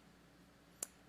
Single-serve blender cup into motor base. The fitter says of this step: to the left to lock in place you'll hear a slight click